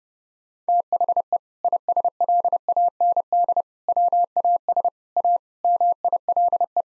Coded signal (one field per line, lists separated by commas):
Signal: Morse code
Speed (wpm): 30 wpm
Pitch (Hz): 700 Hz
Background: none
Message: THE ISLAND WAS A MILE